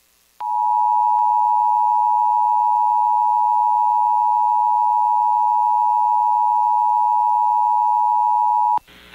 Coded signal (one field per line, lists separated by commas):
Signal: Emergency Alert System (SAME) tones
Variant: 853 and 960 Hz attention tone